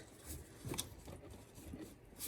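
A coolant hose quick connector is pushed onto its coolant pipe port during a coolant change on an Audi. Against low background noise, sharp clicks sound at 0.7 and 0.8 seconds as the connector seats, confirming it is connected.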